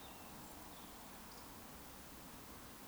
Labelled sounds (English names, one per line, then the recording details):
Eurasian Woodcock whistle
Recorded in Baden-Württemberg, Germany, on 18 June 2021 at 19:33 UTC
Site 49334, 1074 m above sea level